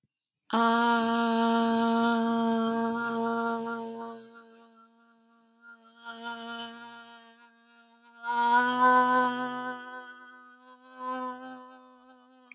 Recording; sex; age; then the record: vowel held as long as possible; female; 20 to 29 years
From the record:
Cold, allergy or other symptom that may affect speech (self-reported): no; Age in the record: 24 years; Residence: New York, United States